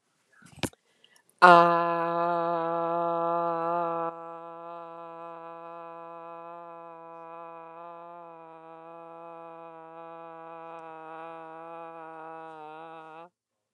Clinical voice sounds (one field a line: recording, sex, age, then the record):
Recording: vowel held as long as possible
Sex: female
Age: 50 to 59 years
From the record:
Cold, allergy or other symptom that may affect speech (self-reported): no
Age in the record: 53 years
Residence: Arizona, United States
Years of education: 14